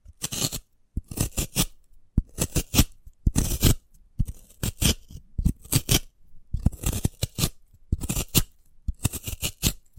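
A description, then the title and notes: A sprouted coconut is handled in short bursts of crisp cutting, scraping and crunching, each lasting about a second, separated by brief quiet gaps. ASMR of a Sprouted Coconut (No Talking).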